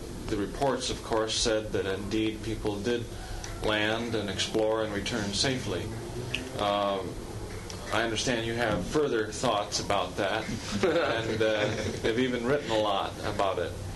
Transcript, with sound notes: The reports of course said that indeed people did land and explore and return safely. I understand you have further thoughts about that [laughter] and you've even written a lot about it.